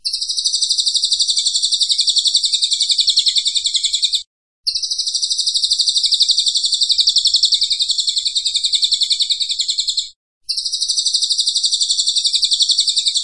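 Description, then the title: Cililin song: a long, dense, buzzy high trill of rapid pulses, held for several seconds, then brief pauses before it resumes twice. Vigorous 'gacor' singing style, used for training cage birds. "Cililin AMPUH"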